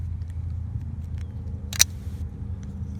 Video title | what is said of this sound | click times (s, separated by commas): AJT DESIGN INJECTION KEY FOB INSTALL & REVIEW - TACOMA TRD OFF ROAD | pops right in | 1.8 s